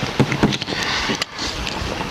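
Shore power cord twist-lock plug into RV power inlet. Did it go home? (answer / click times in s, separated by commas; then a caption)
no / none. The angled twist-lock end of an RV shore power cord is handled at the RV's power inlet, producing a few short plasticky knocks and rattles at about 0.3, 0.6, 1.2 and 1.7 seconds over a steady, noisy outdoor background. Nothing has seated or clicked yet; the clip ends before the plug locks into the inlet.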